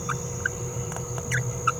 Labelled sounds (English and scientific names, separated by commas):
Green-rumped Parrotlet (Forpus passerinus) babbling